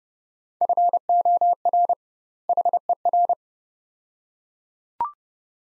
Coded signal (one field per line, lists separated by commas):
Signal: Morse code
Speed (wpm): 30 wpm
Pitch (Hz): 700 Hz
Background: none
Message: FOR HER